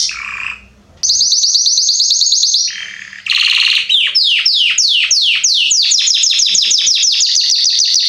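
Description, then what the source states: Belgian canary song: short low warble, then a high rapid trill and a long series of quick downslurred whistles repeated several times a second. Male Belgian canary singing very strongly; used for training and warming up young birds.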